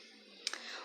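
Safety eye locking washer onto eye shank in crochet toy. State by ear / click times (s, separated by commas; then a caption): seated / 0.5 s. A locking washer is pushed onto the shank of the second safety eye in a crochet toy, with a steady low hum underneath. A sharp click at 0.5 s marks the washer seating, followed by a softer tick just after. Both safety eyes are now locked with their washers.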